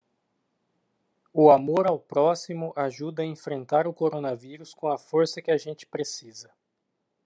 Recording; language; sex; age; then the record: spoken sentence; Brazilian Portuguese; male; 30 to 39 years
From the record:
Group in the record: control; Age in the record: 37 years